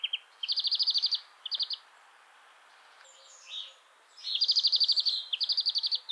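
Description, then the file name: European greenfinch delivering loud, rapid rattling trills in two bouts, separated by a quieter twittering pause. "Chloris chloris"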